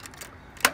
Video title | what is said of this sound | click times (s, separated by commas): Zip Track Merchandising System Installation | a thumb press you hear a click you've | 0.7 s